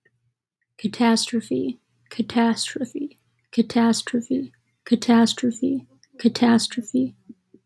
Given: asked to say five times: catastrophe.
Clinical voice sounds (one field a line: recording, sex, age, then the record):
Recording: repeated word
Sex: female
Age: 20 to 29 years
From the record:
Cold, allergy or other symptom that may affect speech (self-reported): no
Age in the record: 21 years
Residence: Wisconsin, United States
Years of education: 15